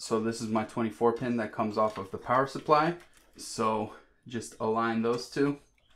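The power supply's 24-pin cable is lined up with the 24-pin plastic housing of a Strimer Plus V2 RGB extension cable while someone talks. Two faint handling sounds come near the end, at 5.8 and 6.0 seconds. Nothing has seated or clicked yet.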